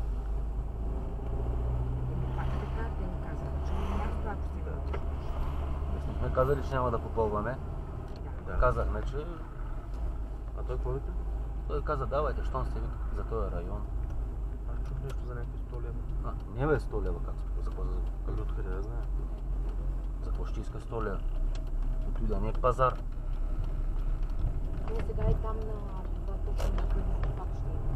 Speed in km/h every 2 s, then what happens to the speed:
23, 28, 29, 30, 31, 31, 31, 28, 25, 27, 26, 25, 26, 30.
0-7 speeds up to 31. 7-22 steady at about 27.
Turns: none.